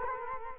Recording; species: mosquito wingbeat signal from an infrared sensor; Culex quinquefasciatus